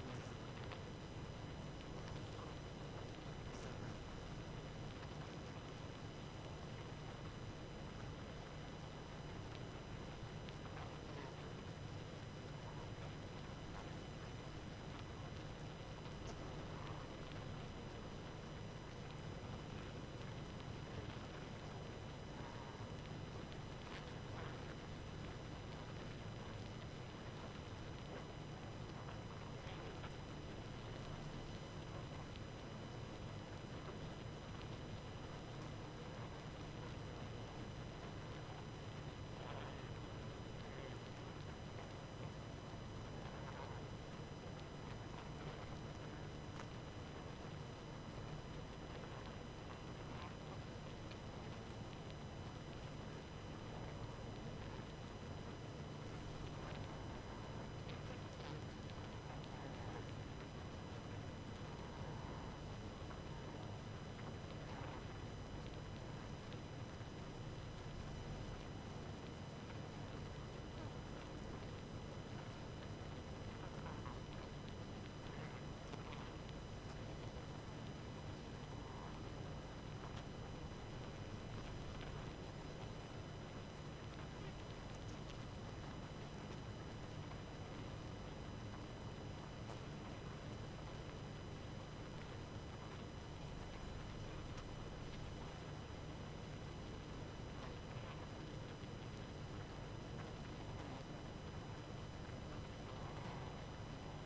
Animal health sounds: honeybee colony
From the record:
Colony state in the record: active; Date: 12 June 2018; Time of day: 23:34

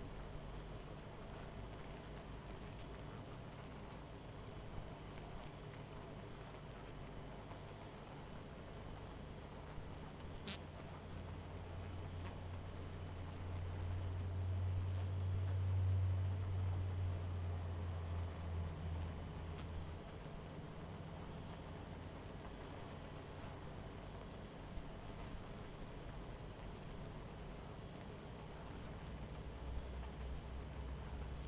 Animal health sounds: honeybee colony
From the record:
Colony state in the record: missing queen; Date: 14 July 2017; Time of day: 21:05

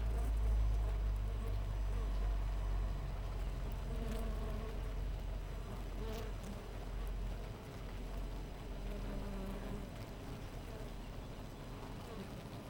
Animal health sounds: honeybee colony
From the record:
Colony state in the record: missing queen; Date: 14 July 2017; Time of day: 5:33

